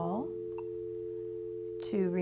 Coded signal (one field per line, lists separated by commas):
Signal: telephone call progress tone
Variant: North America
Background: speech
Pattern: dial tone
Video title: Touring the Phones